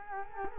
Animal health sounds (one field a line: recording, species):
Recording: mosquito wingbeat signal from an infrared sensor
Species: Culex quinquefasciatus